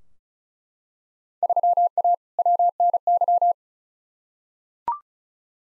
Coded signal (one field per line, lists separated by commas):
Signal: Morse code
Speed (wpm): 36 wpm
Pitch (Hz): 700 Hz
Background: none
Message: 3A WNY